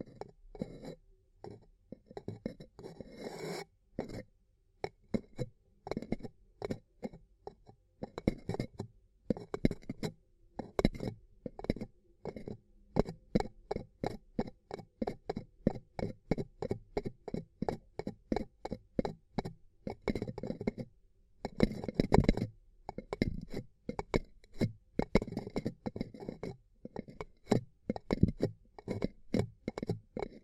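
Ear cupping triggers: a quick, fairly regular run of soft, muffled thumps and brushing pats, several per second, with faint clicky edges. A short pause comes near 4 seconds, and a denser, louder burst near 22 seconds, with near silence between strokes.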